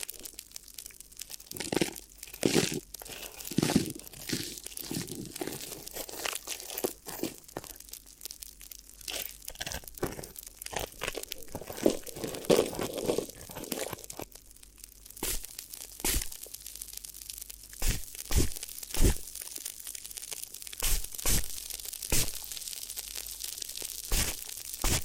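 Crinkly ear massage sounds: bursts of crisp crinkling and crunching come in irregular clusters, some short and sharp, others smeared and rustling. The first half is busier, with softer stretches around ten to fifteen seconds, then sharper isolated crackles return.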